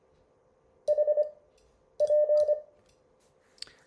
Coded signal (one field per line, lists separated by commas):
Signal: Morse code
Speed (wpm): 25 wpm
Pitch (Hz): 600 Hz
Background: none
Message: HP